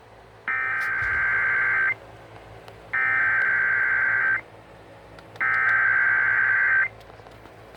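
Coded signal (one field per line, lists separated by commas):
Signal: Emergency Alert System (SAME) tones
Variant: header bursts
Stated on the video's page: Severe Thunderstorm Warning EAS alert from 820 AM, received via its simulcast on 99.5 FM HD2 (HD Radio).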